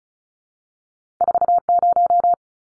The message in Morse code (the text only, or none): 40